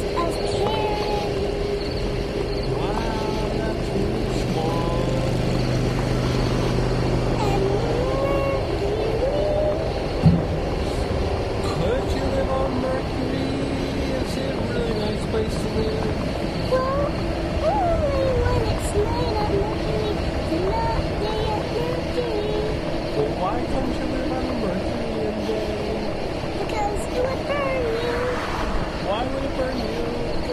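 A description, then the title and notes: Steady traffic on Interstate 91 in Northampton, MA, a continuous low rumble of passing vehicles with no breaks. Faint voices and short tonal squeals drift through the roar, with a sharp knock around ten seconds. Recording of Interstate 91 in Northampton MA in 1998. All recordings by Dan Bodah.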